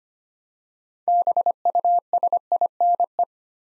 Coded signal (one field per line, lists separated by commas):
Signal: Morse code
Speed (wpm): 25 wpm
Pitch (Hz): 700 Hz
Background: none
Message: BUSINE